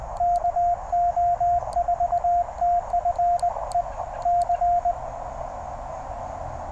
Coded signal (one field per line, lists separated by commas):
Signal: Morse code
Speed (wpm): 20 wpm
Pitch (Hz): 700 Hz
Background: radio noise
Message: KO4TFE C